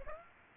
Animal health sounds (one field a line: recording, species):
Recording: mosquito wingbeat signal from an infrared sensor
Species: Aedes aegypti